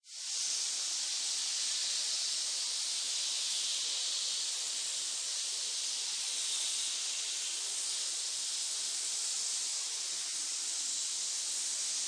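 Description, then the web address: Snakes hissing: the sound swells in quickly, then a constant airy hiss carries on unbroken for the rest of the stretch. Many snakes hissing together in a pit. "SFXBible animal-sound-effects snake-sound-effects animals-snakes-pit-of-snakes-hiss"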